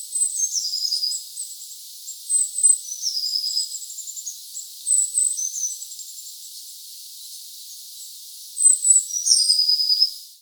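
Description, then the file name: Eurasian blue tit giving a busy series of high thin notes, some dropping into short buzzy trills. "Cyanistes caeruleus"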